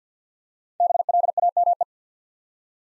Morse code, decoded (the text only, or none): BLAME